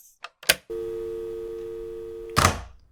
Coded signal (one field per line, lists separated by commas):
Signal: telephone call progress tone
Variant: UK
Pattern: dial tone